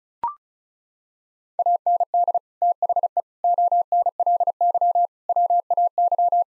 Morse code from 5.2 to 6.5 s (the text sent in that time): WAY